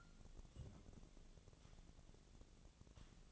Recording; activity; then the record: daily activity, microphone in the room; take from stove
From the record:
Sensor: 4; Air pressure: 1000.9 hPa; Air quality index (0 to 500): 124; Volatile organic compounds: 1 ppm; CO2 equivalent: 932 ppm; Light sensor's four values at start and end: 46/112/47/53 and 46/112/47/53